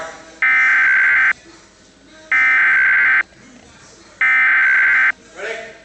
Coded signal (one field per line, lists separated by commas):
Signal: Emergency Alert System (SAME) tones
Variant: header bursts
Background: speech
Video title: "ATTACK OF THE KILLER INFLATABLES" [HALLOWEEN EAS SCENARIO]